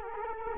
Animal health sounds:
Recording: mosquito wingbeat signal from an infrared sensor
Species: Culex quinquefasciatus

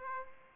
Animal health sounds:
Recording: mosquito wingbeat signal from an infrared sensor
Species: Aedes aegypti

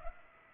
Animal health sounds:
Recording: mosquito wingbeat signal from an infrared sensor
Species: Culex pipiens

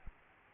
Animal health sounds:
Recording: mosquito wingbeat signal from an infrared sensor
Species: Aedes albopictus

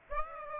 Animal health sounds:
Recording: mosquito wingbeat signal from an infrared sensor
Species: Aedes aegypti

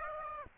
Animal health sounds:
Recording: mosquito wingbeat signal from an infrared sensor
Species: Aedes aegypti

